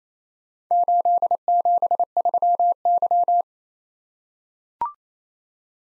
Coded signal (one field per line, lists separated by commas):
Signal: Morse code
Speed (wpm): 29 wpm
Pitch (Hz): 700 Hz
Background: none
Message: 873Y